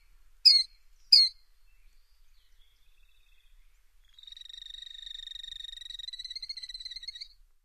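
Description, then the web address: Killdeer calls: two sharp high piercing notes, a pause, then a long rapid trill of high notes running about three seconds; otherwise quiet. "Songs of Birds of North America Stokes. Killdeer"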